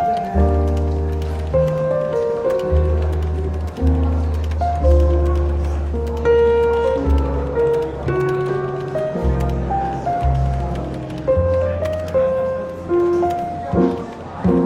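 Soft, relaxed jazz plays in a London bookshop café, with a deep bass line walking beneath sustained chords and light melodic notes. Quiet murmuring voices run steadily underneath, and the music keeps an even, gently swelling level throughout.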